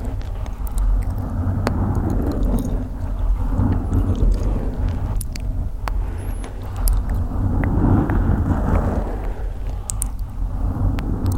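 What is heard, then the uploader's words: Steady scratching rubs against a mic with a deep, constant rumble, while small sharp clicks and soft mouth ticks pop up throughout. ASMR Mic Scratching & Gentle Mouth Sounds.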